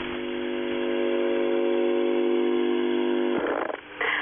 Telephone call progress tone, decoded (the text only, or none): dial tone